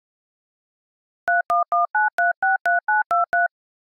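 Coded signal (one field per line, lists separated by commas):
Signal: DTMF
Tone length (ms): 160 ms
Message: 3119363923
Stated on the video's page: Modem and dialer sounds from a software simulator of the WOPR and IMSAI 8080 computers in the 1983 film Wargames.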